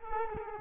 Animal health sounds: mosquito wingbeat signal from an infrared sensor; Culex quinquefasciatus

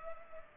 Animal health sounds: mosquito wingbeat signal from an infrared sensor; Culex pipiens

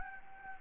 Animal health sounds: mosquito wingbeat signal from an infrared sensor; Anopheles gambiae

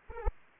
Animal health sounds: mosquito wingbeat signal from an infrared sensor; Anopheles arabiensis

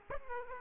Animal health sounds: mosquito wingbeat signal from an infrared sensor; Aedes aegypti

